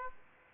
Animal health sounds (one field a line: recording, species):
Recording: mosquito wingbeat signal from an infrared sensor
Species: Aedes aegypti